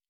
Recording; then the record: hydrophone in a shrimp aquaculture tank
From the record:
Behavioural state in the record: normal